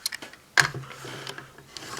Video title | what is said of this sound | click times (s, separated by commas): DX King Excalibur & King of Arthur Wonder Ride Book Review (Kamen Rider Saber) | and this will tap into here it will have a separate tab that will click in here | 0.6 s